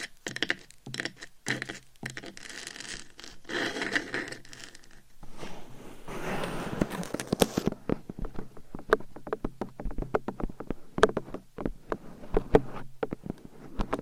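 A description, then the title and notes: Scratching and tapping with long nails, with no talking. The first half has dense, rasping scratch bursts, fading into a softer brushing swell around six to eight seconds. After that come sparse, crisp taps and clicks at irregular intervals, with light scraping between them. ASMR Scratching & Tapping for People Who Get Bored Easily No Talking for Sleep with Long Nails.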